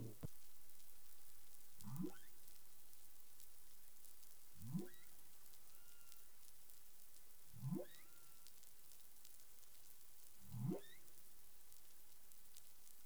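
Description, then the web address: Humpback whale calls: four rising low whoops, evenly spaced, over a steady crackling, hissing underwater background. Recorded 20 April 2021 at 04:14 UTC. "CARIMAM. humpback whale 20210420 041442 UTC"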